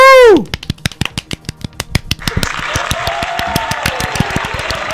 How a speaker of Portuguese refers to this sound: Ui! Palmas para nós.